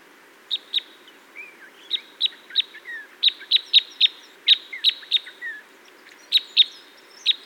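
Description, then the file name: Red crossbill flight calls: sharp, high, clipped chips repeated in irregular bursts, often in pairs, with a few softer lower notes between, against quiet background. Type N Red Crossbill giving flight calls. "Red Crossbill Type N - FCs"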